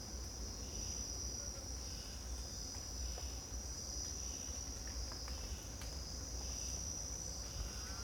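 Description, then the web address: Insect chorus as an unbroken shrill hum held at one high pitch throughout, over low background rumble, with a few soft bird notes. Morning insect chorus in Costa Rica rainforest jungle with distant bird calls, spaced AB pair of CMC 6 microphones. "GDC 2019-Game Audio Bundle Pole Position - Costa Rica Jungle Rainforest Jungle,Costa Rica,Morning,Insect Bed,Distant Bird Calls"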